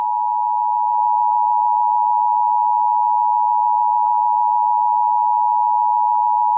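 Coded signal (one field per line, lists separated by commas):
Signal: Emergency Alert System (SAME) tones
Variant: 853 and 960 Hz attention tone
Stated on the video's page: Mock severe weather alert for Georgia, not a real broadcast.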